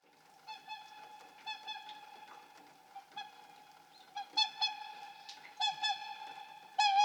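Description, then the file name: Whooper swan trumpeting: a sustained nasal tone with short honks breaking through, growing louder toward the end. "Whooper swan"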